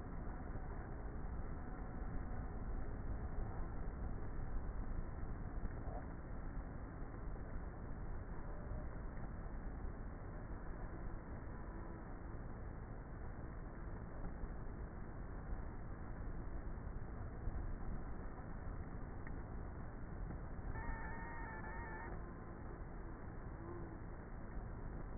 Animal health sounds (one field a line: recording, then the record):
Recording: honeybee colony, microphone inside the hive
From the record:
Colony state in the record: queenless with a low population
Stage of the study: before two queens were removed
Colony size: about 30,000 bees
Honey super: no